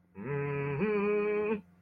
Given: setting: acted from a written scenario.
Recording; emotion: vocal sound without words; triumph